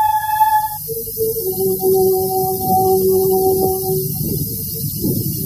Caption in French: Des chercheurs ont placé un micro dans l'utérus d'une femme enceinte. Ils ont enregistré la manière dont les bébés comme Marjorie entendaient les sons du monde extérieur. La cinquième symphonie, par exemple. L'oreille interne est en place dès le quatrième mois. À 6 mois, il réagit à la musique, comme on le constate en échographie.